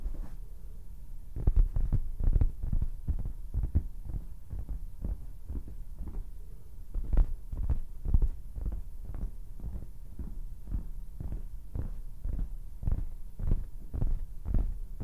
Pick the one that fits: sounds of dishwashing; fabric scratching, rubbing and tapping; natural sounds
fabric scratching, rubbing and tapping